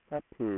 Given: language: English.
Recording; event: throat vibration sensor signal played as sound; speech